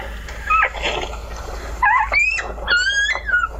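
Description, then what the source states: Wolf pup whining with thin, high, rising and wavering whimpers that come in several short bursts. Newborn wolf pup, the first born of four brothers, already whining.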